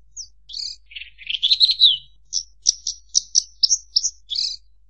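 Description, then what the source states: Horsfield's bush lark song, a high note then a jumbled warbling run followed by a string of crisp, evenly spaced chirps. Master recording for training caged birds, energetic nonstop singing.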